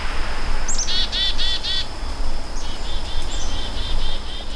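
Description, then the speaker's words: Chickadee scolding calls: two runs of several buzzy, harsh notes, separated by a short pause, over steady low background noise. Chickadees mobbing a bird predator such as a merlin or Cooper's hawk, joined by other animals. "Yeah, we've got some angry, angry little chickadees there."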